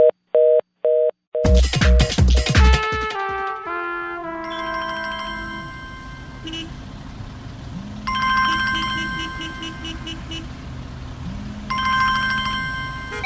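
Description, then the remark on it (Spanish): A telephone rings with three quick electronic beeps, then a busy, tonal electronic melody takes over with repeating high notes over a steady low hum. No one speaks. “¿Tenés el teléfono siempre ocupado?”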